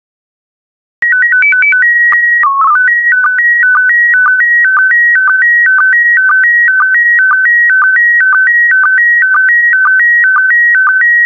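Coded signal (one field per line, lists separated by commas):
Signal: SSTV (slow-scan television)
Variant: PD 120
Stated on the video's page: PD120 SSTV transmission.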